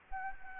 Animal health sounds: mosquito wingbeat signal from an infrared sensor; Anopheles gambiae

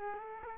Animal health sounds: mosquito wingbeat signal from an infrared sensor; Aedes aegypti

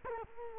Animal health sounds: mosquito wingbeat signal from an infrared sensor; Culex quinquefasciatus

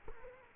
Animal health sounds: mosquito wingbeat signal from an infrared sensor; Culex quinquefasciatus

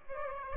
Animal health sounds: mosquito wingbeat signal from an infrared sensor; Aedes aegypti

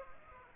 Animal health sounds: mosquito wingbeat signal from an infrared sensor; Aedes aegypti

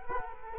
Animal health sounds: mosquito wingbeat signal from an infrared sensor; Culex quinquefasciatus

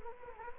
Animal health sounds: mosquito wingbeat signal from an infrared sensor; Anopheles gambiae

